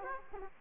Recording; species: mosquito wingbeat signal from an infrared sensor; Aedes aegypti